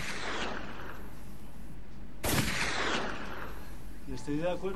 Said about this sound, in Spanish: Damos un par de tiros al aire.